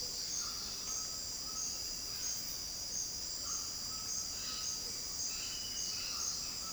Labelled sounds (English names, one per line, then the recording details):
White-throated Toucan
White-eyed Parakeet
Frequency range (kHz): White-throated Toucan 0.6-2.3 kHz; White-eyed Parakeet 1.8-5.6 kHz
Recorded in dense forest near Puerto Asís, Putumayo, Colombia, on 21 February 2024 at 07:30
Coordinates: 0.481, -76.318
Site G6421